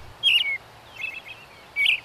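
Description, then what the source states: American robin giving high, squeaky calls in two bright bursts with a softer twittering phrase between them, over a quiet background. In winter.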